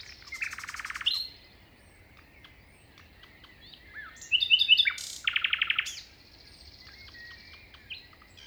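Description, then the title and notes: Common nightingale singing varied phrases: a rattling burst, pauses, then clicking notes and a rapid trill, with faint wind. Nightingale singing beside a path at 5:05 am, 21 May 2019, Plateau de Lesches en Diois; windy; recorded in stereo on a Nagra Seven with MKH40 microphones. "Plateau de Lesches en diois. un rossignol en bord de chemin"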